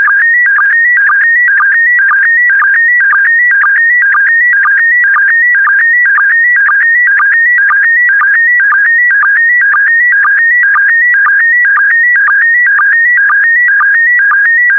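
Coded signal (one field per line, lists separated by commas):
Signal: SSTV (slow-scan television)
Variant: PD120 mode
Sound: steady warbling tone stepping through pitches, short low blip about twice a second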